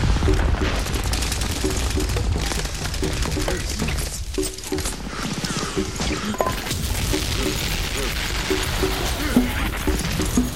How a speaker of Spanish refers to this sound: Fui echando con un montón de gente para allá, para África. Había tiros y guerra.